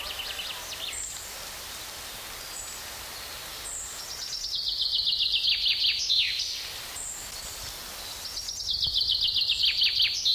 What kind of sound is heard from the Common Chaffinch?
song